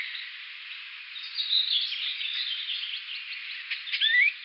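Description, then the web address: Icterine warbler giving a continuous scratchy chatter mixed with short whistled slurs, louder in the middle and again at the end, over a background hiss. "Schulze Peter Icterine Warbler calls"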